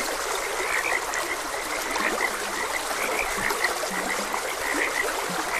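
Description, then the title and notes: Frogs croaking in an unbroken chorus of short bright notes, with occasional deeper drawn-out grunts, over the steady wash of a stream. Frogs croaking beside a gentle stream. "Gentle Stream and Frogs Croaking. Sleep and Relaxation Podcast"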